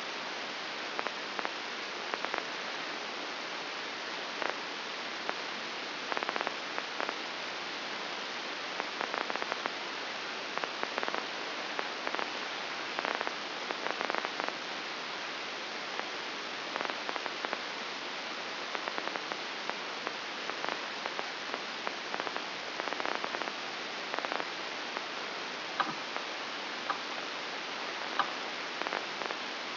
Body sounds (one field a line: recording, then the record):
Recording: brain microelectrode recording played as sound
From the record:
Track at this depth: outside the subthalamic nucleus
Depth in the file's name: 7.66 mm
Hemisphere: left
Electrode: 2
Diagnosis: Parkinson's disease